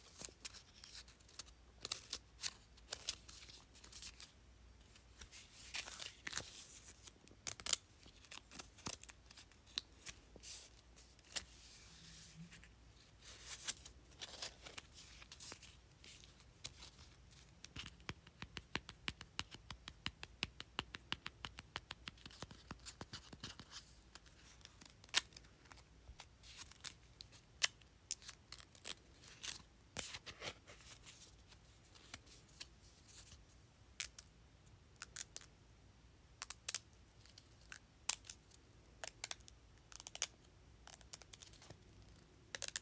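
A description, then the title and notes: Sticky notes are flipped and tapped, making a steady run of dry, papery clicks and flutters that come in quick bursts throughout. The sounds are bright and crisp. A denser rustling flurry builds around twenty seconds, and a faint low hum sits underneath. Flipping and tapping sticky notes.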